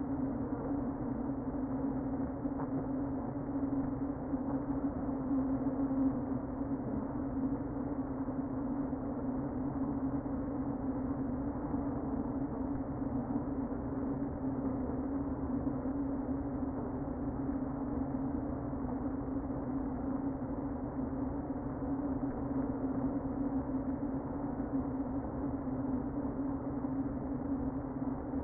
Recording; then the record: honeybee colony, microphone inside the hive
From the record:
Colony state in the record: queen present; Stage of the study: before two queens were removed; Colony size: about 60,000 bees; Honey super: yes